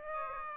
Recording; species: mosquito wingbeat signal from an infrared sensor; Aedes aegypti